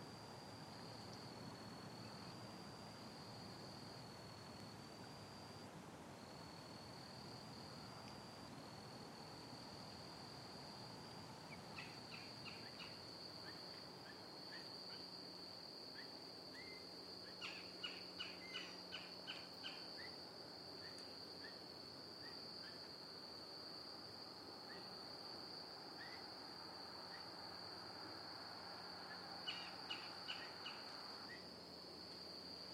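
Outdoor ambience at J N Ding Darling National Wildlife Refuge on Sanibel Island, Florida, with a steady high insect whine running throughout. Bird calls appear in quick chirping bursts around 12, 18 and 30 seconds, over a low hum from about 13 seconds on.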